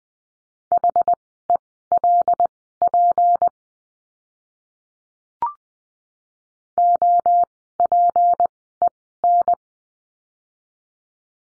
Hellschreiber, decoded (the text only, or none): none